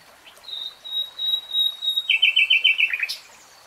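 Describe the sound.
Nightingale song: a run of clear, level piping whistles swelling in loudness, then a quick burst of lower repeated notes ending in a sharp click.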